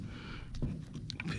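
The air filter on an Echo CS310 chainsaw is pressed onto its mount on the carburetor intake during a no-start, no-idle repair, with a low rumble and a few soft bumps in the background. Two sharp clicks ring out at 1.1 and 1.2 seconds as the filter snaps into place, leaving it seated.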